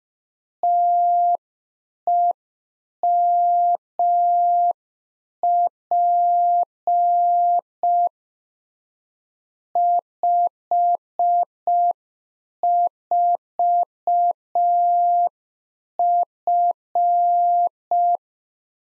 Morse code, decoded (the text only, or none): TEMP 54F